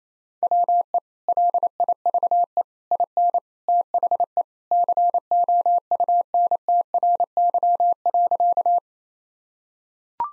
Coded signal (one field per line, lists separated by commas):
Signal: Morse code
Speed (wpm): 28 wpm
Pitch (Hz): 700 Hz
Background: none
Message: WE LIVE IN THE COUNTRY.